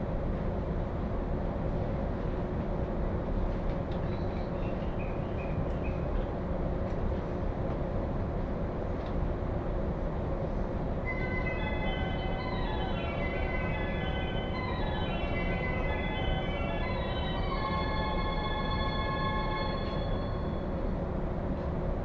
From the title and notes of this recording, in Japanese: 耳で楽しむ鉄道旅 常磐線 勝田→石岡。